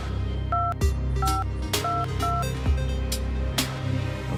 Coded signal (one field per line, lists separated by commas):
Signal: DTMF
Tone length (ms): 220 ms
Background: music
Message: 2522